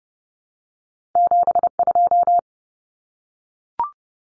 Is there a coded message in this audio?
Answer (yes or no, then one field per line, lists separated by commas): yes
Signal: Morse code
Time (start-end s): 1.2-2.4 s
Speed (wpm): 30 wpm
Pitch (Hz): 700 Hz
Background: none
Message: 72